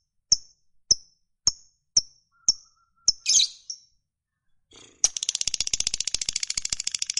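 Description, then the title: Lovebird giving sharp single chirps about every half second, a brief harsh burst, then launching into rapid, continuous high chatter. Fighter-type lovebird giving long chatter (ngekek panjang). "Suara Lovebird FIGHTER NGEKEK PANJANG"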